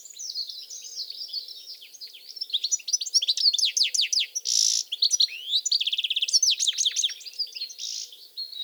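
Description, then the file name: European goldfinch singing continuously, bright tinkling chirps and trills, quieter at the start. "Carduelis carduelis"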